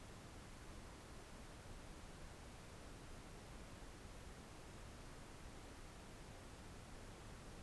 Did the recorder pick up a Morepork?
no